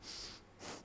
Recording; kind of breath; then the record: one breath in and out by a microphone near the nose and mouth; strong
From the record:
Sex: male